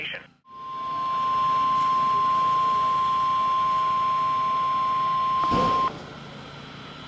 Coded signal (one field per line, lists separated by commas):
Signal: Emergency Alert System (SAME) tones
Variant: 1050 Hz attention tone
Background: speech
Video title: SURPRISE CYCLONE... EAS Alerts from 10/16-17/19 (EAS 2131-2145)